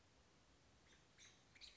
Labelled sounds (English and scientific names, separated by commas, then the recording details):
American Robin (Turdus migratorius)
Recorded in Sonoma County, California